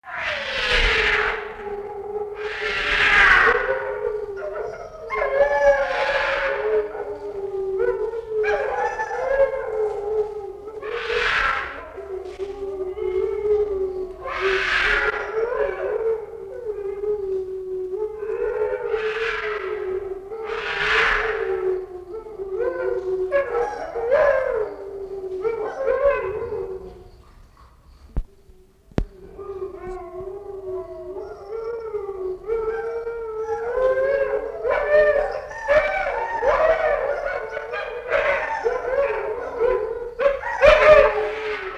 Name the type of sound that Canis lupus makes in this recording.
howling